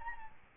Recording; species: mosquito wingbeat signal from an infrared sensor; Aedes albopictus